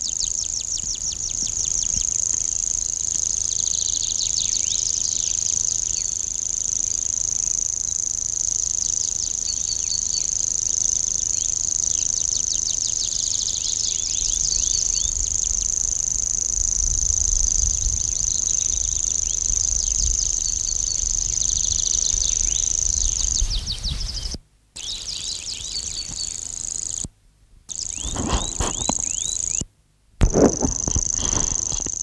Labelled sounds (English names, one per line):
Common Grasshopper Warbler song